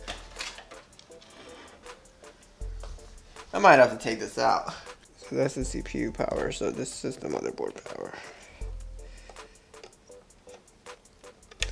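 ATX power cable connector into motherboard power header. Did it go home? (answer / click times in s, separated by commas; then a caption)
yes / 11.6 s. Someone talks over background music while routing power cables and then pushes the 24-pin ATX motherboard power cable connector into its motherboard power header. Quiet handling sounds lead up to a sharp click at 11.6 s, confirming the connector is seated.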